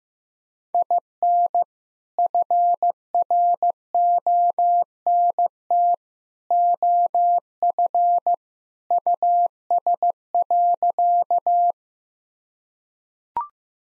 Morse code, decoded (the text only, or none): IN FRONT OF US.